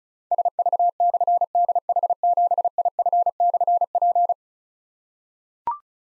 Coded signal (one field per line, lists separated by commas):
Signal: Morse code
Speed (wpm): 36 wpm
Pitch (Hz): 700 Hz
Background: none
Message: SV/DH7IF/P